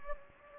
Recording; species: mosquito wingbeat signal from an infrared sensor; Anopheles gambiae